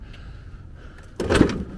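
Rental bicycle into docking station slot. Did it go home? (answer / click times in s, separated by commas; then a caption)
yes / 1.2 s. A rented bike-share city bicycle is pushed firmly into slot number six of a docking station, with a quiet background and a faint tap at about 0.1 s. A sharp, loud hit at 1.2 s marks the bike locking into the dock, followed by a brief rattling decay. The bicycle is seated in the slot.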